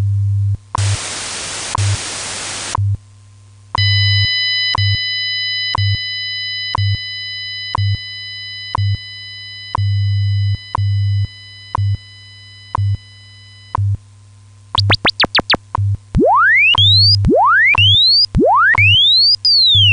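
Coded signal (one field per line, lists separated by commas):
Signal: radio time signal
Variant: WWV HamSCI test signal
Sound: hiss burst, then steady multi-tone chords, then repeated rising whooping chirps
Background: low 100 Hz hum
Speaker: beginning november 15 2021 nist will be broadcasting a test signal on minute eight of each hour on wwv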